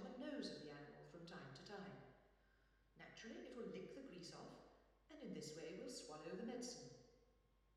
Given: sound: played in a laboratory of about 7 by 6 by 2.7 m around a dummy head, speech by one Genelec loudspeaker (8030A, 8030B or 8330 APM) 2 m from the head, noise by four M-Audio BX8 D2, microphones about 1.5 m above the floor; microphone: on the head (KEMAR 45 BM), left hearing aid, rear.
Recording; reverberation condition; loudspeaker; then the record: female speech in English; high; 120 degrees to the left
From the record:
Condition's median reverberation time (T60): about 1300 ms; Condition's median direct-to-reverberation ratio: about -4.0 dB